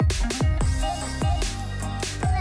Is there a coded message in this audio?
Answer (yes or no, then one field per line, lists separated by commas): no